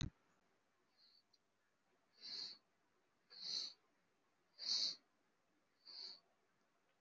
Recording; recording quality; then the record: deep breathing; excellent, no background noise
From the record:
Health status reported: recovered from COVID-19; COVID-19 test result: positive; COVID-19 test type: RT-PCR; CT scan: not taken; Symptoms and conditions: cough, cold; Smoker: no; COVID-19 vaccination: one dose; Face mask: worn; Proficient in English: yes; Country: India